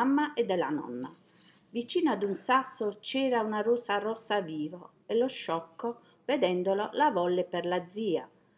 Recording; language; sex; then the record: read passage; Italian; female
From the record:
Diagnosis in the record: healthy control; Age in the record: 60 years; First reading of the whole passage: 59 s, 7.9 characters per second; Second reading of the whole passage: 55 s, 8.5 characters per second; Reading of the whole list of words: 44 s, 6.4 characters per second